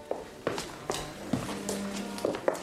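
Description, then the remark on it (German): Footsteps of people, including a lieutenant, walking: a series of sharp, fairly loud taps landing at an uneven pace, with a low steady hum rising faintly beneath the later steps. “Lassen Sie uns ein paar Schritte gehen, Herr Leutnant.”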